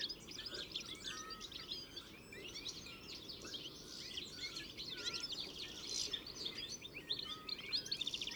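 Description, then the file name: European goldfinch twittering: many bright chirps and short slurred notes running on without pause, over a low steady background hiss. "Carduelis carduelis"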